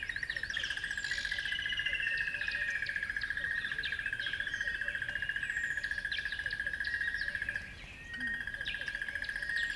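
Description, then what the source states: Birds in a dawn chorus, many overlapping chirps and whistles above a steady, pulsing high-pitched drone that pauses briefly near the end. At dawn on a river bed.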